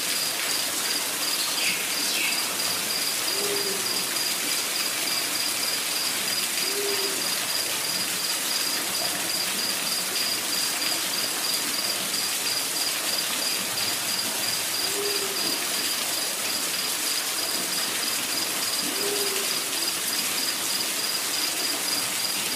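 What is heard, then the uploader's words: A waterfall in the rainforest pours in a steady, dense hiss that never lets up, brightest in the upper range. A thin, constant insect whine runs high above it, and a soft, low hooting call sounds four times, at roughly four-second gaps. Discovering Your Own Private Waterfall in the Rainforest.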